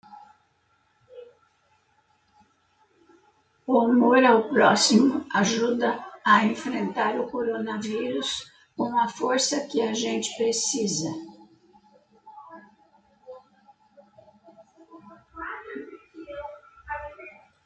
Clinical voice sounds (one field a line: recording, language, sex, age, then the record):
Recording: spoken sentence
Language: Brazilian Portuguese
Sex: female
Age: 70 to 79 years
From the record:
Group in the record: control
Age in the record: 76 years